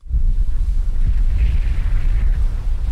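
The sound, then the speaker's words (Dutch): Wind and rain outdoors in Middelburg, Netherlands: a steady, heavy roar of wind buffeting the microphone with deep rumbling gusts and a constant hiss over about three seconds, with no voices. “Niet echt weer voor Sinterklaas inkopen. Het regent, het waait.”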